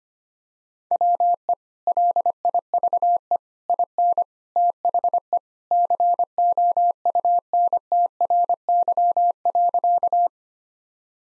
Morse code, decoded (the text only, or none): WE LIVE IN THE COUNTRY.